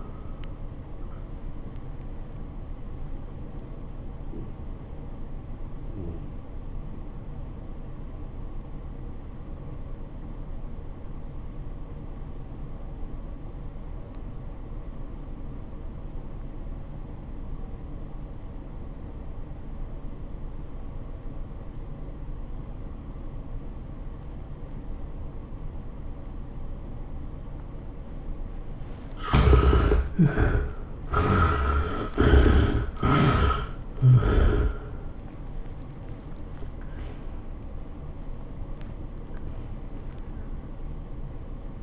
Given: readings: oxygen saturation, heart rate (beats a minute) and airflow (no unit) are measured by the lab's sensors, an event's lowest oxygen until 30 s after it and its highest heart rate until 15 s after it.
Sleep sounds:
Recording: breathing in sleep by a smartphone at the bedside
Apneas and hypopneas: 1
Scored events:
6.00-30.40 s: obstructive apnea (REM, oxygen 91% highest, then 66% lowest, heart rate 85 at the start, 112 highest)
From the record:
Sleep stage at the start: REM sleep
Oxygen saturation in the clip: 58 to 91%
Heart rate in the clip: 72 to 114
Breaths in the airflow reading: 4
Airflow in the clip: -17.4 to 11.2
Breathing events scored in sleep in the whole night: 403 in 5.5 hours asleep

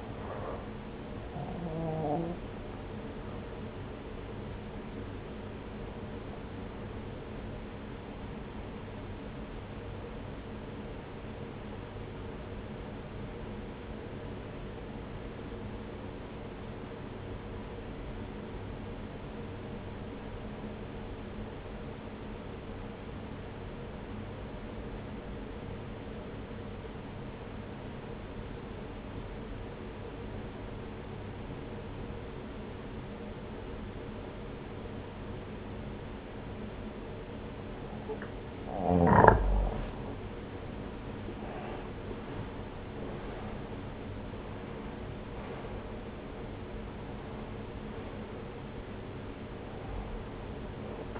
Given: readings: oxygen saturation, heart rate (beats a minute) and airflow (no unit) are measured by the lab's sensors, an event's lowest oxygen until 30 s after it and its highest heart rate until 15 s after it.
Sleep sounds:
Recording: breathing in sleep by a voice recorder at the bedside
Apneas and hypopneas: 1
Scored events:
4.00-51.20 s: new sleep stage, N1 (lightest sleep)
8.00-38.90 s: obstructive apnea (N1, oxygen 95% highest, then 86% lowest)
From the record:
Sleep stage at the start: N2 (light sleep)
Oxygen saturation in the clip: 84 to 95%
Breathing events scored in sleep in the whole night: 303 in 8.1 hours asleep

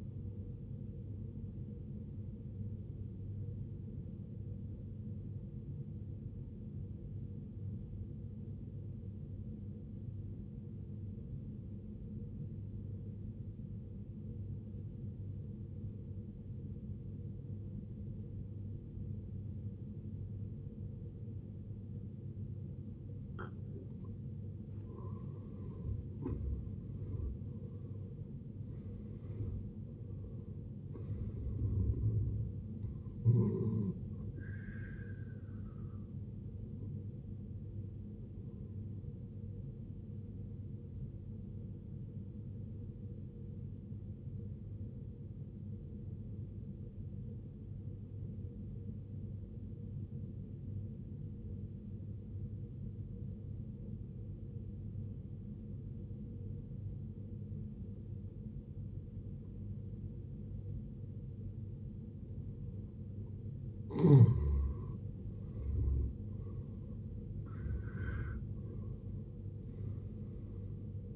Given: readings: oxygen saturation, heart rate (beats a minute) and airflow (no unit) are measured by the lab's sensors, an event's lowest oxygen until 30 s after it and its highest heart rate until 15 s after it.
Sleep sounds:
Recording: breathing in sleep by a smartphone at the bedside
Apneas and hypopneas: 2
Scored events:
4.00-71.16 s: new sleep stage, N1 (lightest sleep)
9.00-26.20 s: obstructive apnea (N1, oxygen 93% highest, then 75% lowest, heart rate 56 at the start, 80 highest)
47.00-63.60 s: obstructive apnea (N1, oxygen 92% highest, then 73% lowest, heart rate 64 at the start, 81 highest)
From the record:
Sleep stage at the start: N2 (light sleep)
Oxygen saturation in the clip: 75 to 93%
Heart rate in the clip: 54 to 80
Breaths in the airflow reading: 8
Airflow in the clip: -14.4 to 14.6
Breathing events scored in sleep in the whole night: 389 in 6.3 hours asleep

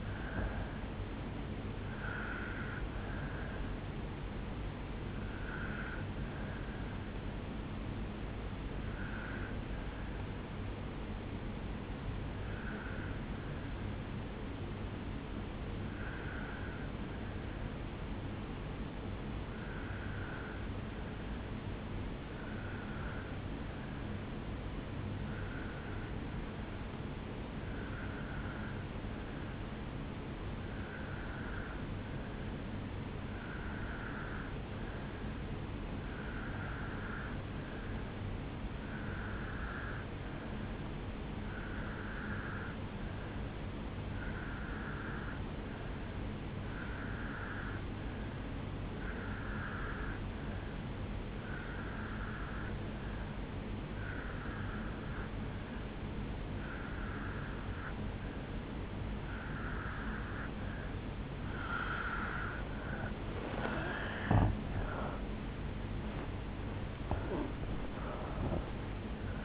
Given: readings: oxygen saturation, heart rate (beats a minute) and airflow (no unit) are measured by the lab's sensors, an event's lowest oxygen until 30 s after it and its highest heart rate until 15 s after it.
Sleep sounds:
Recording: breathing in sleep by a voice recorder at the bedside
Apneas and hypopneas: 1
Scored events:
5.00-65.00 s: new sleep stage, N2 (light sleep)
7.00-63.10 s: obstructive apnea (N2, oxygen 98% highest, then 85% lowest, heart rate 57 at the start, 81 highest)
65.00-69.45 s: new sleep stage, N1 (lightest sleep)
From the record:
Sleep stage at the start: N1 (lightest sleep)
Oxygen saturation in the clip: 84 to 98%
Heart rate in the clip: 57 to 78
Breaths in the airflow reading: 4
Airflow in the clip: -7.3 to 8.2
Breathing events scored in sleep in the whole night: 449 in 7.0 hours asleep

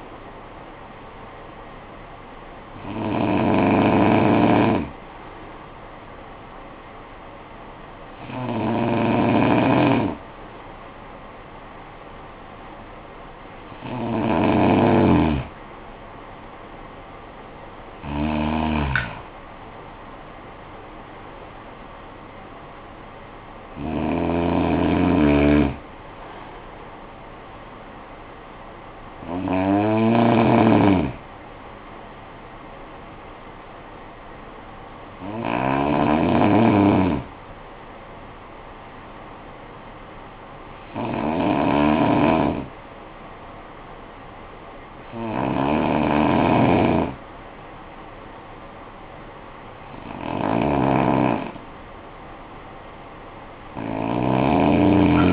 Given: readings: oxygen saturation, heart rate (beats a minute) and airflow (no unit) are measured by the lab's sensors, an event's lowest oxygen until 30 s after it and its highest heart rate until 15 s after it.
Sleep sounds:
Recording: breathing in sleep by a voice recorder at the bedside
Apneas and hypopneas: 1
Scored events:
36.00-50.60 s: hypopnea (N2, oxygen 95% highest, then 91% lowest, heart rate 51 at the start, 59 highest)
From the record:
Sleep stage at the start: N2 (light sleep)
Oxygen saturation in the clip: 92 to 95%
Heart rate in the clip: 50 to 62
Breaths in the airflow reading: 10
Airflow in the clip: -10.9 to 9.3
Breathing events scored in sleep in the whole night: 445 in 7.6 hours asleep

